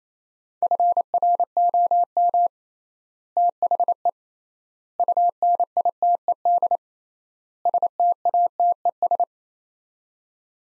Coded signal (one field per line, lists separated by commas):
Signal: Morse code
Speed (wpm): 28 wpm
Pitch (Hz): 700 Hz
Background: none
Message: FROM THE UNITED STATES